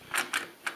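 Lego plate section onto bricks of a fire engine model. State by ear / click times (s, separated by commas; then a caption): seated / 0.3 s, 0.7 s. A red Lego plate section is pressed by hand onto the two supporting bricks of a Lego fire engine model, and its plastic studs engage with short, sharp clicks at 0.3 s and 0.7 s. The plate seats firmly in place on the bricks.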